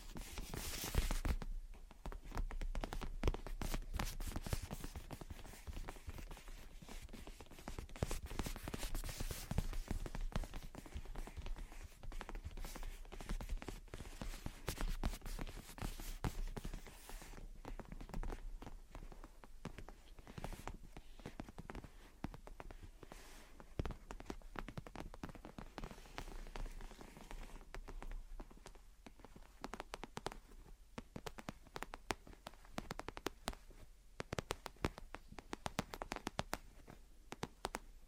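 Gentle tapping and scratching runs through the whole recording, a dense, uneven stream of small dry clicks and scrapes. The activity is busiest in the first seventeen seconds and near the end, easing slightly in between, with a low steady hum underneath.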